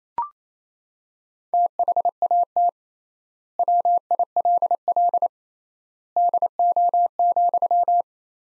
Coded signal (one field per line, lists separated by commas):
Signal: Morse code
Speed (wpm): 27 wpm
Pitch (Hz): 700 Hz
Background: none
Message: THAT WILL DO,